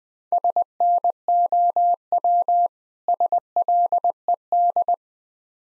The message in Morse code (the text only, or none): SNOW SLED